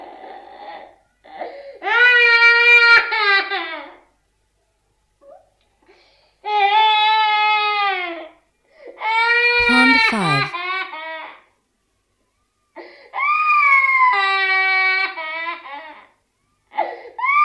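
Four long, strained wailing cries with steady high pitch and gaps between, a 14-month-old baby boy crying.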